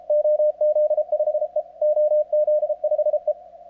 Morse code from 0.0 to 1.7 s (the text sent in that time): OZ5E